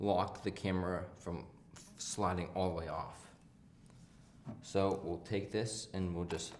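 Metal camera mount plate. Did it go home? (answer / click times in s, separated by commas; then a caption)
no / none. A camera quick-release plate is handled next to the quick-release mount of a DJI Ronin 1 gimbal while someone talks, with a faint, brief tick near 3.9 s in a quiet pause. The plate has not yet been slid in, and nothing has snapped or seated yet.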